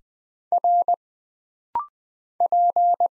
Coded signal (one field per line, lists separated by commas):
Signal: Morse code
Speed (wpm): 20 wpm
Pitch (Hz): 700 Hz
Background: none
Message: R P